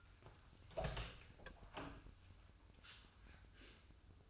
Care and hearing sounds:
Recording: daily activity, microphone in the room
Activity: open door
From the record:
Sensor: 2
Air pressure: 1004.8 hPa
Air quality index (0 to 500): 72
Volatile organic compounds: 1 ppm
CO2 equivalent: 858 ppm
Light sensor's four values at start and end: 7/17/7/7 and 7/17/7/7

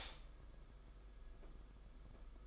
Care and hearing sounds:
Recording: daily activity, microphone in the room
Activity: stop toaster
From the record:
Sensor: 5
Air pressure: 991.8 hPa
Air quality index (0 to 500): 167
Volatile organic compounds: 425 ppm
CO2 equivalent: 4712 ppm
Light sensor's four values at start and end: 33/110/41/44 and 33/110/41/44

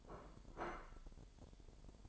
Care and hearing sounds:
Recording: daily activity, microphone in the room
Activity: place plate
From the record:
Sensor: 5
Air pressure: 1002.1 hPa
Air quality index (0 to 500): 224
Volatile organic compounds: 28 ppm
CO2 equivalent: 2909 ppm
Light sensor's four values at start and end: 10/24/10/11 and 10/24/10/11

